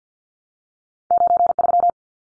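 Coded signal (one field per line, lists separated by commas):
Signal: Morse code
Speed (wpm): 50 wpm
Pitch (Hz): 700 Hz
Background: none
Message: 93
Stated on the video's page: Head-copy drill of two-digit numbers at 50 wpm, each sent in Morse, spoken, then sent again.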